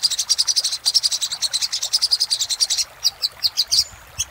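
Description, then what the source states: Little spiderhunter song: dense, fast trill of very high, sharp notes for several seconds, then slower spaced chips. Master recording made for training cage birds, labelled 'Labaik'.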